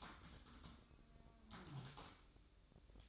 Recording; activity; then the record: daily activity, microphone in the room; typing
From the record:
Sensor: 3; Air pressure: 1007.6 hPa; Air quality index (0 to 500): 60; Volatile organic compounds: 1 ppm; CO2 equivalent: 611 ppm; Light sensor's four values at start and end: 11/26/11/11 and 11/26/11/11